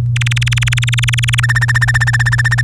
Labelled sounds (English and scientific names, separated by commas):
Domestic Canary (Serinus canaria) song